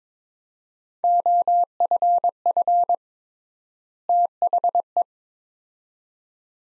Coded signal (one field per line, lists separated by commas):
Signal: Morse code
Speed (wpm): 22 wpm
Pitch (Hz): 700 Hz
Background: none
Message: OFF THE